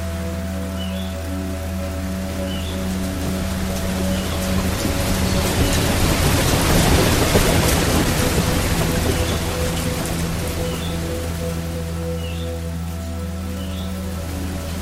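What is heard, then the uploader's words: Piano music plays sustained low and middle notes over a steady rush of waterfall water. The water's hiss swells to its loudest around the middle of the clip, then settles back, while faint high chirps surface every few seconds. Relaxing Piano Music and Waterfall Stream for Deep Sleep and Meditation. The serene sounds of a cascading waterfall.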